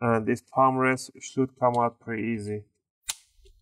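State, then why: Released. Someone talks, then a plastic palm rest on a Dell Inspiron N5010 laptop is wiggled and lifted until a clip in the bottom case lets go with a single loud, sharp crack at 3.1 s. The clip pops free and the palm rest is released.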